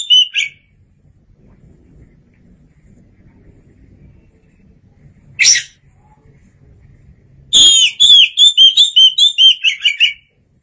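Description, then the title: Oriental magpie-robin song: a short high phrase, a lone harsh burst, then a quick run of clear whistled, warbling notes that slide downward. Faint low hum beneath. Chirping song. "Suara Kicauan Burung Kacer"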